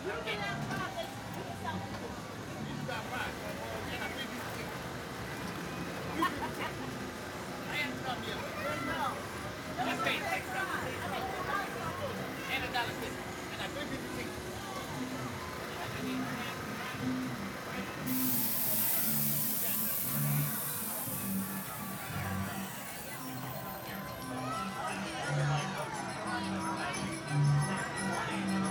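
Arcade sounds on the Coney Island boardwalk, with steady overlapping voices and chatter throughout. Scattered bright beeps and low electronic tones pop up repeatedly, and from about 18 seconds a loud hissing rush joins in, running near the end.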